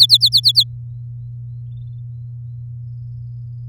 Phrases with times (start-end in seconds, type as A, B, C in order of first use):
0.00-0.64 A